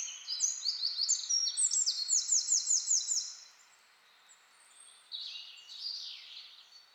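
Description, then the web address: Eurasian wren singing a loud, very high, rapid series of ticking notes rolling into a rattling trill, followed after a pause by quieter warbled phrases. "SETE data Troglodytes troglodytes"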